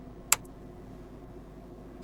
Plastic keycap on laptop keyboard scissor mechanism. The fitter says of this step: have to use a bit more force so that it just clicks, makes a snap sound.